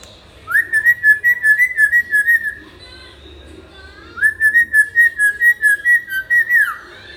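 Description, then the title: Hill myna giving two bursts of rapid, clear whistled notes at an even pitch, separated by a pause of about one and a half seconds, with a faint low hum beneath. Hill myna singing actively; recording made as a tutor for training other birds. "Suara Burung Beo Gacor Cocok Untuk Masteran"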